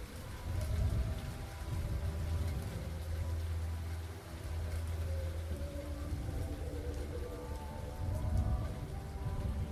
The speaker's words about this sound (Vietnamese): Sau đó tất cả bầu trời tối đen lại, nhưng hạt mưa cũng bắt đầu tí tách rơi.